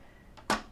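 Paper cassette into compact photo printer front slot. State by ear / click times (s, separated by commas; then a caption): seated / 0.4 s. The paper cassette of a compact Canon Selphy photo printer is pushed a short way into the opened front trap door and clicks into place at 0.4 s, followed by a louder, fuller clack around 0.5 s that fades out. The cassette is seated.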